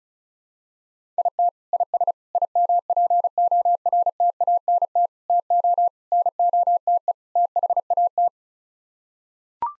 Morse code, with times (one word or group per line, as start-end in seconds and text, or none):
1.2-1.5 IT
1.7-2.1 IS
2.4-5.1 IMPORTANT
5.3-5.9 TO
6.1-7.1 NOTE
7.4-8.3 THAT